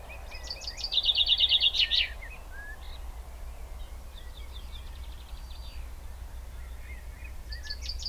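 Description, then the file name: Common chaffinch song: a loud, rapid trill ending in a flourish, then fainter song and scattered calls, with a steady low rumble underneath. "Fringilla coelebs"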